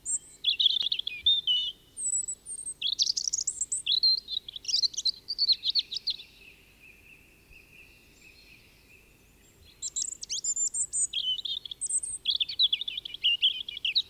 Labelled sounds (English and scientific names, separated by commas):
European Robin (Erithacus rubecula) song